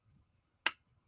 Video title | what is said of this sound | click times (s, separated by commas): September Hauls... Live! | I had to like put some force in here and you heard it click in um | 0.7 s